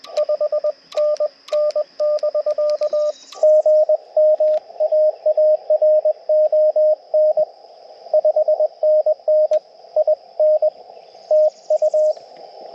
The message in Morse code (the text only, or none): 5NN <BK> GM AARON 5NN IN TU